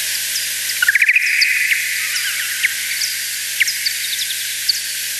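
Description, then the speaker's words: Bat social calls, slowed down: a short burst of rapid rising chirps, then scattered sharp chips over a steady hiss. Male bat courtship song of social calls and echolocation calls ('Ordnungsrufe'), played slowed down ten times; probably recorded in autumn; in spring the same calls mark territory. "Ordnungsrufe sind da drin und jede Menge Sozialrufe einer Fledermaus. Also so werben Fledermausmännchen übrigens für ihre Weibchen."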